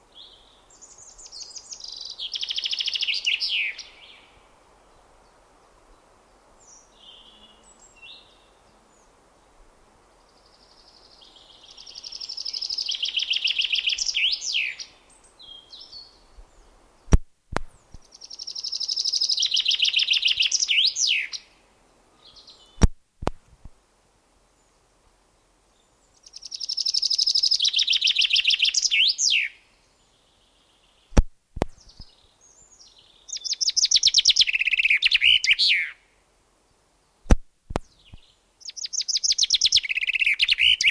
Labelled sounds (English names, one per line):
Common Chaffinch song